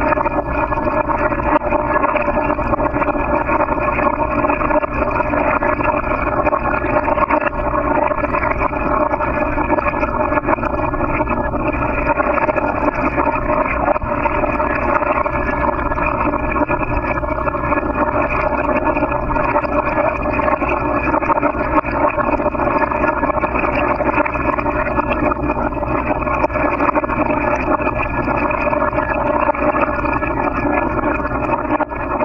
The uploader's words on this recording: Water in a metal bowl recorded by Dan Bodah in Northampton MA, 1997 or 1998.